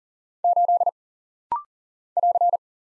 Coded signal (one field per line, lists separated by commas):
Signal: Morse code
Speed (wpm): 40 wpm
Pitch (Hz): 700 Hz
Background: none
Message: 8 <AR>